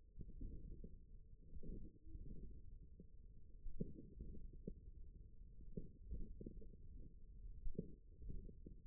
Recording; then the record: forearm muscle sounds (acoustic myography)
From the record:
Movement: thumb flexion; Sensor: system 1, eight BSWA MPA416 microphones around the upper forearm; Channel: 7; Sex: male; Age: 41 years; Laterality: right